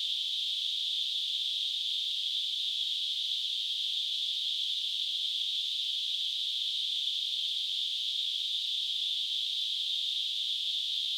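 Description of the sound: Simulated tinnitus: a steady, high-pitched hissing tone of narrowband noise centred around 3 to 4 kHz, with nothing below 2 kHz, holding an even loudness without change throughout.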